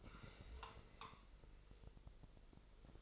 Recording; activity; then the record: daily activity, microphone in the room; take from stove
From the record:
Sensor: 5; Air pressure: 995.5 hPa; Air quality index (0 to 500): 96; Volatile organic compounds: 5 ppm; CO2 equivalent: 1820 ppm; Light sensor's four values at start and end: 33/80/33/34 and 34/81/33/34